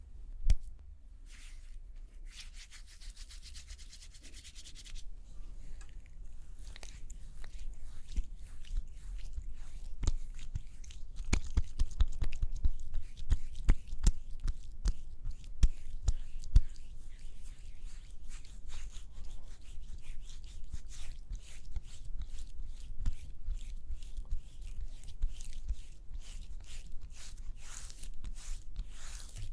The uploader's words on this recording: Doing Your Makeup ASMR No Talking.